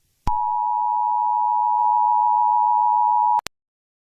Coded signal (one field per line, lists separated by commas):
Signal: Emergency Alert System (SAME) tones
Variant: 853 and 960 Hz attention tone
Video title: The Dark Forest Brightens - An Alien EAS Scenario